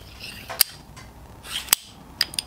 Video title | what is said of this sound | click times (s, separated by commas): POLICE BATON COMPARISON - ASP NEXTORCH Monadnock - 21" Collapsible batons | it locks into place fairly easily it doesn't take a lot of force to open it | 0.6 s